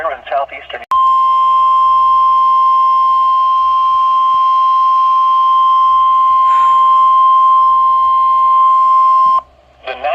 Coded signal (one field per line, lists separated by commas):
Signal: Emergency Alert System (SAME) tones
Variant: 1050 Hz attention tone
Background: speech